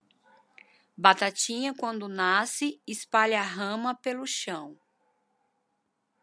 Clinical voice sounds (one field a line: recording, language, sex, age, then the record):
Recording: short text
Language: Brazilian Portuguese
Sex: female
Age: 40 to 49 years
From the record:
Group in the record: control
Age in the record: 40 years